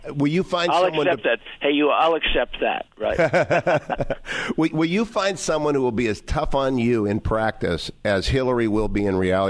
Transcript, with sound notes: will you find someone…
I’ll accept that. Hey, Hugh, I’ll accept that, right? (laughing) Will you find someone who will be as tough on you in practice as Hillary will be in reality?